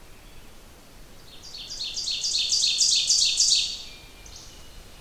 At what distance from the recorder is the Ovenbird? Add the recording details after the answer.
about 15 m. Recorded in boreal forest in Alberta, Canada, on 28 June 2016 at 05:38. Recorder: SongMeter 3, array SBT-6-79. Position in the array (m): 49 m, 107 m. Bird 40